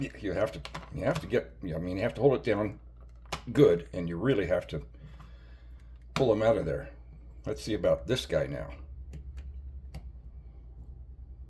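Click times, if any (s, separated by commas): 9.9 s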